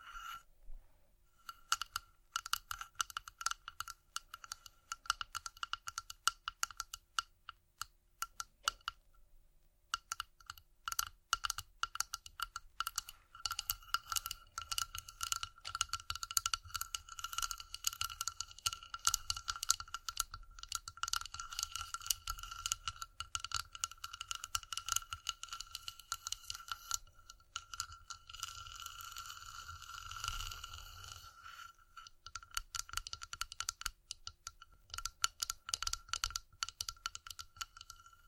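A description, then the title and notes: Rapid, irregular tapping and clicking runs through nearly the whole stretch, dense like fast typing, with a steady high ringing tone held underneath. The clicks drop out briefly around nine seconds and again near thirty-one seconds before resuming. Vinyl,wood,tapping,scratchig,chain,glass,etc.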